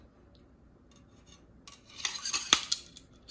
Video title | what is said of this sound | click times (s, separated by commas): Early WWII German SA Dagger VS Late WWII RZM German SA Dagger Hitlers Storm Troopers Dagger Mint | you should just hear a nice crisp snap when it goes into the Scabbard | 2.5 s